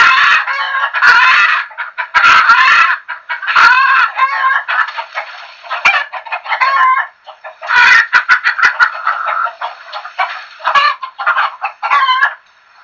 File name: Chickens